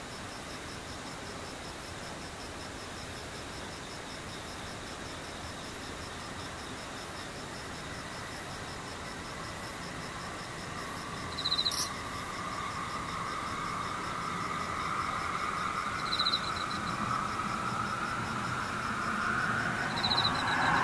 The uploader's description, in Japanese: ムシ